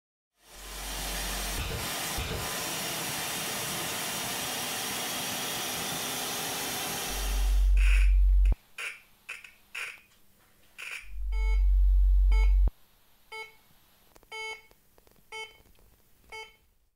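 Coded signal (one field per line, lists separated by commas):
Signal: radio time signal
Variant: DCF77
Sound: eight seconds of loud hiss, then short buzzy beeps roughly each second, some longer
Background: hiss and low hum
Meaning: Short and long second pulses encode time bits, 0 and 1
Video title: DCF77 Empfänger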